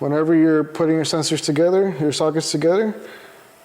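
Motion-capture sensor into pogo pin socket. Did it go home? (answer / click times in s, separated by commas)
no / none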